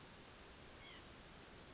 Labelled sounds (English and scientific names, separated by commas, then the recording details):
White-breasted Nuthatch (Sitta carolinensis)
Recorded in Sonoma County, California